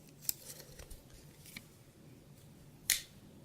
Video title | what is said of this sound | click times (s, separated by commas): TackLife 13 in 1 Multi Tool | I want you to hear something when I flip this part down here snap into place they both do that | 0.3 s, 2.9 s